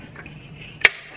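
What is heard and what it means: A modified metal retaining ring for a 7-inch LED headlight is pressed onto the headlight mounting bucket of a Vanagon T3, with its three lugs snapping into their slots. A single sharp, bright click sounds at 0.9 s over quiet background noise, with a faint tap near 0.3 s. The ring's lugs click into place and the ring is seated.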